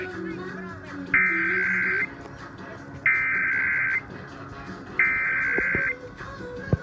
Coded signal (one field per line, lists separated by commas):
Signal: Emergency Alert System (SAME) tones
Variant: header bursts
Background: speech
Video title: National Periodic Test EAS #33